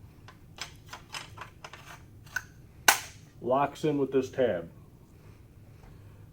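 A metal gas tube is pushed into the bottom slot of a PKM/PKT rifle receiver until it locks in place with a tab. A few light ticks and taps lead up to a sharp, loud metallic hit at 2.9 s as it seats, followed by someone talking. The gas tube is confirmed locked into its slot.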